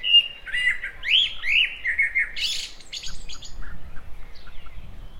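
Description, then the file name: Common blackbird singing rich, fluty warbled phrases that rise and fall, closing with a brief high squeaky twitter, then quieter soft notes trailing off. "Turdus merula"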